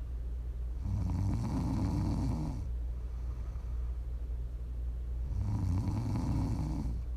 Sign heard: ASMR Snoring.